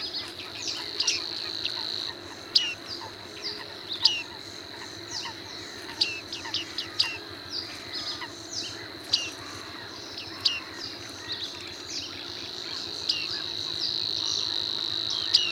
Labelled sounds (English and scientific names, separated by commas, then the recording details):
Bearded Reedling (Panurus biarmicus) call
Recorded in the wild
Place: Schwerin, Großer Dambecker See, Mecklenburg-Vorpommern, DE
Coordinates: 53.781, 11.392
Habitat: lake
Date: 1975-05-10
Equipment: Nagra III BH, Sennheiser MD 21, parabola
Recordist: Schubert, Michael